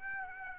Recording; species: mosquito wingbeat signal from an infrared sensor; Aedes aegypti